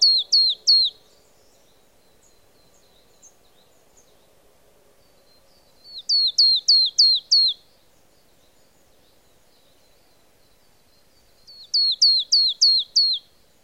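Marsh tit calling in rapid runs of five or six thin, high, downward-sweeping notes, the runs spaced several seconds apart, over a low background hum.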